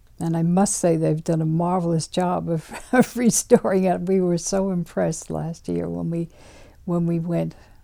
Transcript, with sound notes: And I must say they've done a marvelous job of ( she laughs ) restoring it. We were so impressed last year when we went.